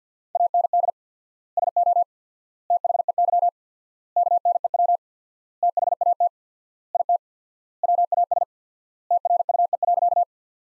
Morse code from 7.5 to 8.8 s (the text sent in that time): WAS